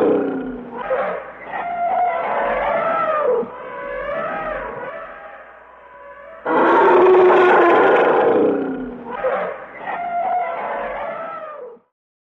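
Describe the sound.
Elephant vocalizing, long wavering brassy calls with bending tones, a louder harsh blast near the middle, then further wavering calls before ending.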